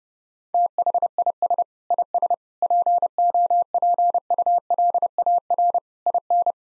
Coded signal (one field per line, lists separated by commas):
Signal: Morse code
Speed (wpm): 32 wpm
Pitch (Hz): 700 Hz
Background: none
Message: THIS IS POPULAR IN